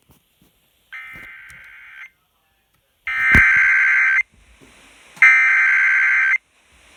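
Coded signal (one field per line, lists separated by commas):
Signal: Emergency Alert System (SAME) tones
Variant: header bursts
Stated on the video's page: Severe thunderstorm warnings received on FM broadcast stations and a NOAA weather radio transmitter in Harrisburg.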